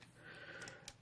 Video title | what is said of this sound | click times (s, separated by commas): A Bunch of Real Gear Robots - ArcNeo Reviews | the arm over that will lock into place there bring | 0.9 s